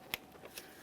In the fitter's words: follow it over to to its connection point now we're going to press it and listen for our click here